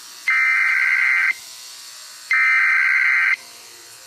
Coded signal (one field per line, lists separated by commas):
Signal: Emergency Alert System (SAME) tones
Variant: header bursts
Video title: 1990 Canada EAS Alarm